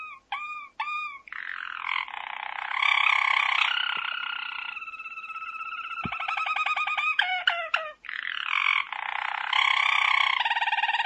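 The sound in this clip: Domestic canary song of rich, harmonic tours: curved whistled notes, then long buzzy rolls and rapid trills that shift in pitch, sung nearly without pause.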